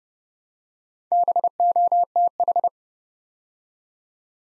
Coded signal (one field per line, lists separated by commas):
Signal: Morse code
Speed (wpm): 29 wpm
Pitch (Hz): 700 Hz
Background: none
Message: BOTH